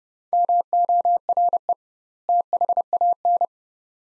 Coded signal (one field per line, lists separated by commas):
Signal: Morse code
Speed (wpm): 30 wpm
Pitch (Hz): 700 Hz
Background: none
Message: MORE THAN